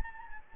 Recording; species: mosquito wingbeat signal from an infrared sensor; Anopheles gambiae